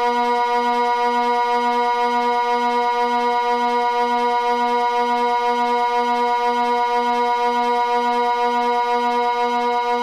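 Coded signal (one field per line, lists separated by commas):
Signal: siren signal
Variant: Swiss Water Alert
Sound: one steady, low, reedy siren tone with rich harmonics and slight pulsing throughout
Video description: Signal: Twelve low steady tones Duration: 6 min. Meaning: Flooding by the reservoir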